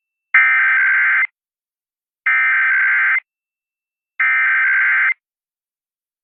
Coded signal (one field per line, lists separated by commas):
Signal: Emergency Alert System (SAME) tones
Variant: header bursts